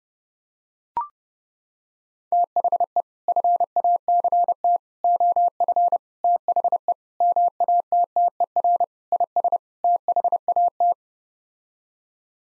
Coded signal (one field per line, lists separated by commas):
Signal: Morse code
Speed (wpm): 30 wpm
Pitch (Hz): 700 Hz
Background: none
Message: THE FACT OF THE MATTER IS THAT